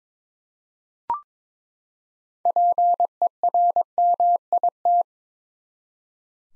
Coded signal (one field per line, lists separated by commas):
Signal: Morse code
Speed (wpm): 22 wpm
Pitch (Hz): 700 Hz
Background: none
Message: PERMIT